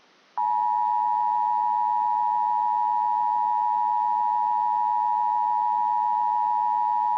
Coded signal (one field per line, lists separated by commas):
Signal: Emergency Alert System (SAME) tones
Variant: 853 and 960 Hz attention tone